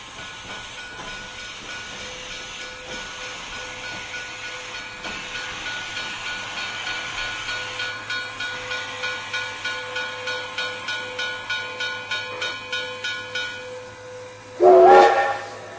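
A steam train rumbles and hisses steadily, its chuffing settling into a fast, regular rhythm, before a single loud, shrill whistle blast cuts in near the end.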